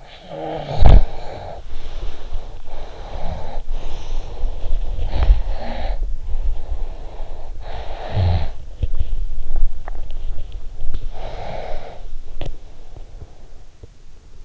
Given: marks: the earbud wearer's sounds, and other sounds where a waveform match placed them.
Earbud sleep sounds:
sounds in sleep by an in-ear microphone; snoring breath, breath, body movement, swallowing
0.00-2.53 s: snoring breath
2.59-4.90 s: breath
4.93-7.62 s: snoring breath
6.46-14.44 s: body movement
7.66-13.64 s: snoring breath
9.40-10.39 s: swallowing

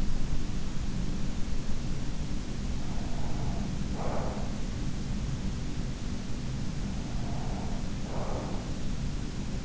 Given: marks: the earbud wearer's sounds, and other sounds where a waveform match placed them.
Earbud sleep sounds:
sounds in sleep by an in-ear microphone; breath
0.52-2.65 s: breath
2.94-6.32 s: breath
7.10-9.65 s: breath

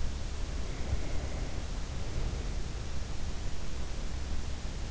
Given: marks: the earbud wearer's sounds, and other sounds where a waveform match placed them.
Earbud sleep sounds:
sounds in sleep by an in-ear microphone; breath
0.33-3.77 s: breath

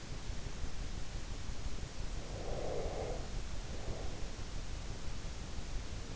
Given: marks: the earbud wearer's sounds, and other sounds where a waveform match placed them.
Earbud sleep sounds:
sounds in sleep by an in-ear microphone; breath
2.22-4.64 s: breath

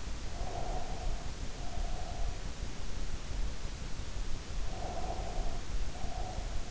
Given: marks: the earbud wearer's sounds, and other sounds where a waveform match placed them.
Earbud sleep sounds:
sounds in sleep by an in-ear microphone; breath
0.10-2.57 s: breath
4.53-6.71 s: breath

